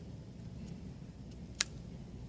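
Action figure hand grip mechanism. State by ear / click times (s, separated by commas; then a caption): seated / 1.6 s. Someone presses the grip button on a vintage 1977 Kenner Six Million Dollar Man plastic action figure with the Bionic Grip, so the open hand snaps closed and locks in the grip position. Against a quiet, low rumbling background, a single sharp click sounds at 1.6 s. The hand has shut and locked.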